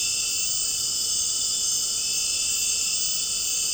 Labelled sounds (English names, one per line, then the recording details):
none
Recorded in dense forest near Puerto Asís, Putumayo, Colombia, on 9 March 2025 at 19:00
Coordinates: 0.467, -76.328
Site G041